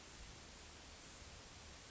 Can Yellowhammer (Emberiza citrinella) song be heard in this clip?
no